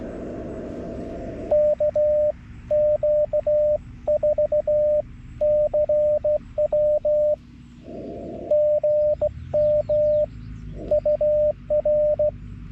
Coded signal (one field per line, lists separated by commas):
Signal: Morse code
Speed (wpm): 15 wpm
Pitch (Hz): 600 Hz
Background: radio noise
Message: KQ4CW GM UR